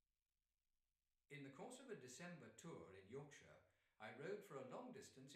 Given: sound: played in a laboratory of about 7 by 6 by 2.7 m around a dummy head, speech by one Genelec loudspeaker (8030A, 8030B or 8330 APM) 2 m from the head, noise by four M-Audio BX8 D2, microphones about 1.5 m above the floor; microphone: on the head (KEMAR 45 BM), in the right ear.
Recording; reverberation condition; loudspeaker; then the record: male speech in English; medium; 120 degrees to the right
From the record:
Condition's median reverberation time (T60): about 510 ms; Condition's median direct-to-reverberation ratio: about -0.5 dB